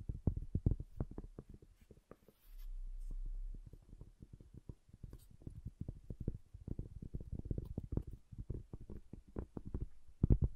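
Wood triggers sound as quick, dense taps and scratchy strokes, irregular but nearly continuous, mostly low and dull with short brighter clicks. Around two and a half to four seconds a steady low hum fills in underneath the tapping.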